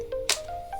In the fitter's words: Kita boleh dengar dia punya klik.